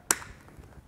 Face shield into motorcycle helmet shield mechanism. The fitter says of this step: it just snaps back into place and uh